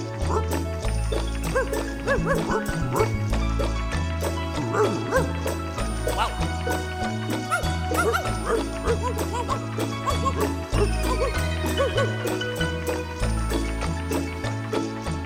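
Short dog barks and yips break out repeatedly over a bouncy, steadily pulsing musical backing with a repeating low bass line, in a song about riding a little horse to Tucumán with dogs following behind; the barks are fairly prominent against the music.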